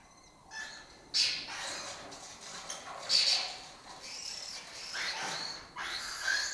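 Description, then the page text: Lesser kestrel calls, harsh chattering bursts across several seconds. Colony of migratory lesser kestrels breeding in an abandoned building complex in Doñana, southern Europe; species forages in West Africa. "Lesser Kestrels Took Over an Abandoned Building. A migratory raptor wich spends its foraging time in West Africa and breeds in southern Europe. Here in Doñana"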